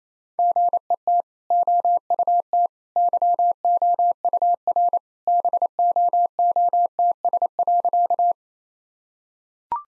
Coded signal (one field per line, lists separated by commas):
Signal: Morse code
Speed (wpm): 28 wpm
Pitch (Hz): 700 Hz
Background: none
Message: GET OUT YOUR BOOTS.